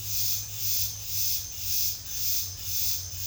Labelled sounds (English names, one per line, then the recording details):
none
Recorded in secondary vegetation near Puerto Asís, Putumayo, Colombia, on 28 February 2025 at 09:00
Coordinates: 0.498, -76.327
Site G001